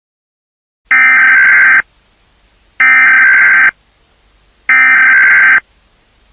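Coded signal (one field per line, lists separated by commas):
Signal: Emergency Alert System (SAME) tones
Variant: header bursts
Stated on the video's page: Simulated nuclear attack scenario.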